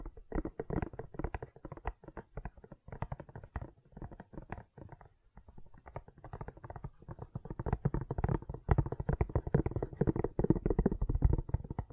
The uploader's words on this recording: ASMR Gentle Silicon Sounds for Sleep (No Talking).